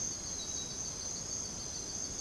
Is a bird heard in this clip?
no